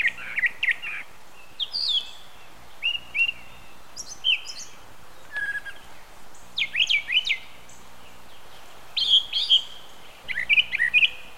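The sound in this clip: Thrasher song, a steady run of varied whistled and chattering phrases, some given twice in quick succession, with short pauses between them and a quiet background.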